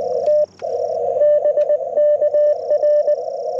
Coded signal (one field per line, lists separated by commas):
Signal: Morse code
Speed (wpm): 20 wpm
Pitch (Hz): 600 Hz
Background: radio noise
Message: T BK R